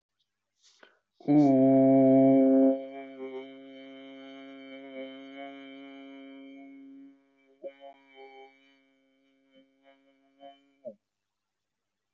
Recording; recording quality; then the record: sustained vowel as in boot; excellent, no background noise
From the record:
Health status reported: healthy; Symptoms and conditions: none ticked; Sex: male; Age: 42 years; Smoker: not ticked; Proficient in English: yes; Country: India